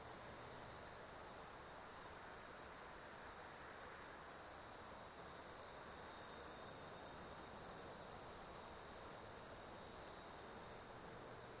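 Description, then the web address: Insect chorus, several high pulsing bursts over the first four seconds, then a long unbroken loud drone. Insect ambience in an Australian summer, outdoors. "Foundation 1 AMBIENCE AUSTRALIAN SUMMER INSECTS"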